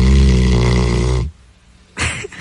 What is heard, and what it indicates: Max, who's a fox red lab, and she says that his snoring shakes the house.